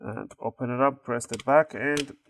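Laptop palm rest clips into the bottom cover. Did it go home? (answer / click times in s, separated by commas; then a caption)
no / none. Someone talks while handling the plastic palm rest of an Asus X550Z laptop, whose back is about to be pressed down so its clips snap into the bottom cover. No clicks are heard; nothing has seated or clicked yet.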